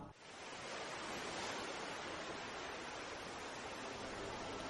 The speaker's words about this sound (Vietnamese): Đi dưới hai hàng cây còn đẫm hơi sương trong rì rào tiếng sóng biển vỗ vào rặng đá, từng đám bọt trắng xóa ôm choàng như lay gọi các khối đá mang hình thù độc đáo thức dậy đón chào ngày mới.